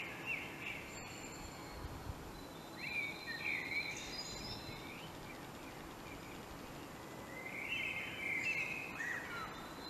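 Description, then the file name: Common blackbird singing several separate phrases, each a melodious warble with a scratchy high twitter at the end, with pauses of steady hiss between them. "Turdus merula"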